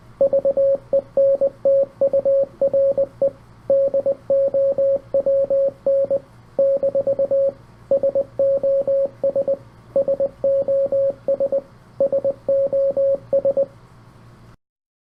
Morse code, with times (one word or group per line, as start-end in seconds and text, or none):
0.2-3.3 VENTURE
3.7-6.2 DOWN
6.6-7.5 -
7.9-9.5 SOS
10.0-11.6 SOS
12.0-13.6 SOS